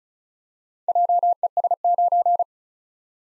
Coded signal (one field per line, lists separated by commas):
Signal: Morse code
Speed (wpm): 36 wpm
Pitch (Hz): 700 Hz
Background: none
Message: JES9